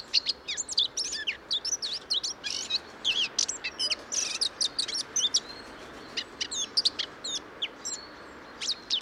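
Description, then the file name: Eurasian blackcap warbling in dense, scratchy phrases of high twittering notes. "Sylvia atricapilla"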